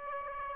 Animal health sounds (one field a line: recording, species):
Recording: mosquito wingbeat signal from an infrared sensor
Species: Aedes aegypti